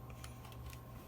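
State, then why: Not seated. A plastic battery cover for an LG LS777 cellphone is placed on the top of the phone's back and lined up before being pressed home. Only light handling ticks are heard, at about 0.1 s, 0.2 s and 0.7 s, over a low steady hum. Nothing has snapped or clicked into place yet.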